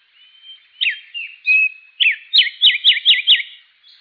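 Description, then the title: Bird gives a thin level whistle, a few slurred notes, then a fast series of downward-sweeping whistled notes. "LuckyPassaro Completos2Sama"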